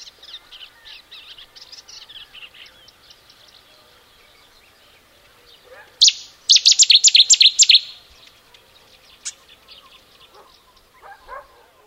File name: cettiswarbler